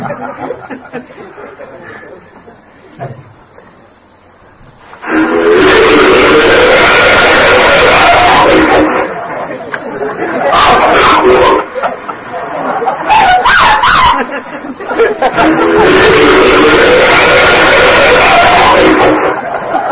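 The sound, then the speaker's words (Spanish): Alleged Bigfoot vocalizations recorded in 1978 in the Sierras Altas of California: after a few quiet, murky seconds, loud harsh wavering cries erupt in long sustained bursts, broken by brief pauses, with a raspy, almost laughing or barking quality. “es el que tanto Carlos como yo denominamos el Bigfoot cachondo”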